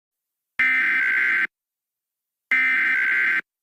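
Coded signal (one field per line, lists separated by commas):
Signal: Emergency Alert System (SAME) tones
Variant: header bursts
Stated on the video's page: Fictional EAS scenario, not a real broadcast alert.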